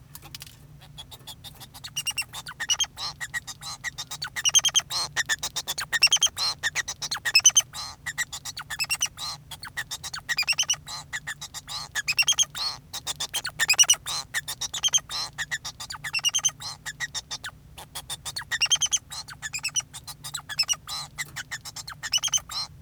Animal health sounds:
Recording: song of a male Bengalese finch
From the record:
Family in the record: son of father 2

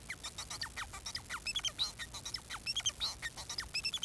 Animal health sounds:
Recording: song of a male Bengalese finch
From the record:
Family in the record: son of father 4

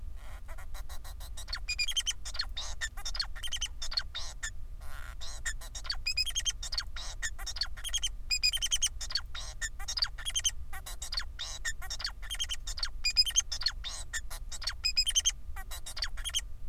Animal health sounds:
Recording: song of a male Bengalese finch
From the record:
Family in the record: son of father 4

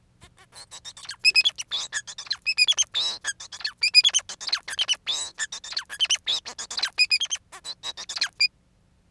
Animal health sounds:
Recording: song of a male Bengalese finch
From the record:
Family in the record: son of father 4

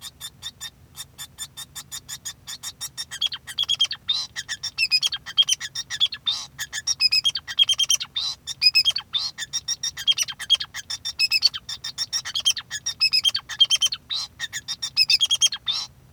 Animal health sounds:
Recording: song of a male Bengalese finch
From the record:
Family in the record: son of father 2

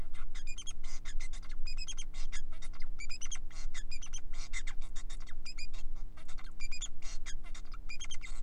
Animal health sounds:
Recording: song of a male Bengalese finch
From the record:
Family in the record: son of father 4

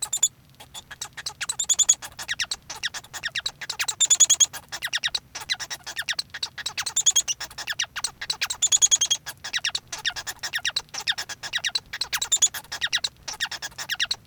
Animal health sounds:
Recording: song of a male Bengalese finch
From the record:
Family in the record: son of father 1

